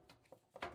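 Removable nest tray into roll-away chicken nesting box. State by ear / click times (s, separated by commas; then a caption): seated / 0.6 s. The removable bottom tray of a VEVOR metal roll-away chicken nesting box, with four nests on top and four on the bottom and made of non-rusting aluminum-like metal, is put back in after being taken out for cleaning and pushed home. Soft handling taps come first, then a sharp click at 0.6 s as the tray seats in place.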